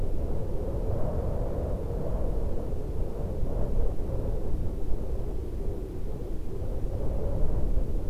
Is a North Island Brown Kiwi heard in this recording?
no